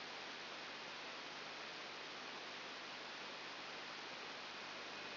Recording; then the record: brain microelectrode recording played as sound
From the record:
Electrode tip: outside the subthalamic nucleus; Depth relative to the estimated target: -4 mm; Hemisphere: right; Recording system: AlphaMap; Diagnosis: Parkinson's disease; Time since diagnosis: 8 years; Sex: male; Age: 57 years